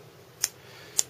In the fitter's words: until the ratchet just clicks i'll just open that out again